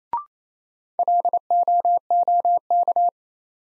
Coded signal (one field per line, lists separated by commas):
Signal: Morse code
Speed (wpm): 28 wpm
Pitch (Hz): 700 Hz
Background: none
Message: LOOK